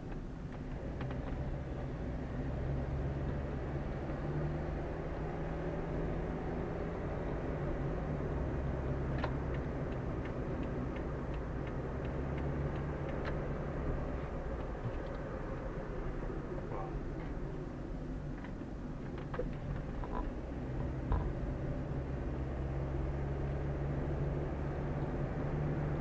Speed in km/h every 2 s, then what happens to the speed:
20, 27, 33, 38, 42, 44, 46, 47, 36, 24, 28, 34, 40.
0-13 speeds up to 47. 13-18 brakes to 24. 18-26 speeds up to 40.